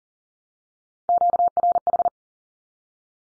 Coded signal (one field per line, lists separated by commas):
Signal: Morse code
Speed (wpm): 38 wpm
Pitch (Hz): 700 Hz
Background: none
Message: QRH